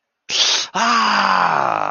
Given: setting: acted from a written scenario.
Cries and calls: vocal sound without words; pain

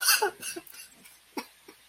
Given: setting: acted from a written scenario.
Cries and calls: vocal sound without words; sadness

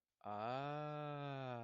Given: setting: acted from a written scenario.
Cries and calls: vocal sound without words; realization

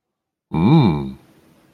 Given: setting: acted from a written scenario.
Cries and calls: vocal sound without words; desire

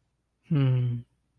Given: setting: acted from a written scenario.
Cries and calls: vocal sound without words; romantic love

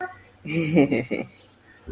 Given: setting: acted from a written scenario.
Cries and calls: vocal sound without words; desire

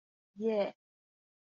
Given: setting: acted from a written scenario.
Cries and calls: vocal sound without words; pride

